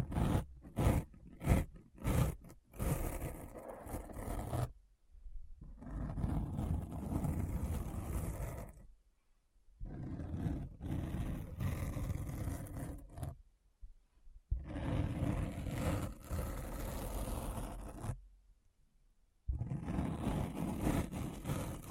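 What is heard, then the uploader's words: A deep, rough scratching sound. It opens with a quick run of short, sharp strokes, then settles into long, dense grinding passes of several seconds each, separated by brief silences. The passes are heavy in the low end with a gritty, hissing top. ASMR Deep Brain Scratch (No Talking).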